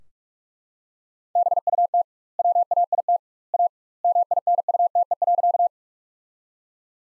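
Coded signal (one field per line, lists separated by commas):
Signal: Morse code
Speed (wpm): 43 wpm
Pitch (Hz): 700 Hz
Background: none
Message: BUT WAIT A MINUTE.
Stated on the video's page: Morse sentences built from the top 500 words at 45 wpm with 2x standard word spacing, a word-level Farnsworth-like method.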